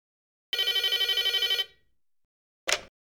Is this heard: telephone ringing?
yes